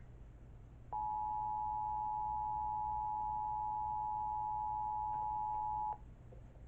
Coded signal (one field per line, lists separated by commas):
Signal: Emergency Alert System (SAME) tones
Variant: 853 and 960 Hz attention tone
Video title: EAS 719: Tennessee RMT